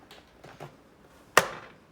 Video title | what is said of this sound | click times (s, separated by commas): Corn on the cob, Presto pressure canner | you hear that click that's important | 1.4 s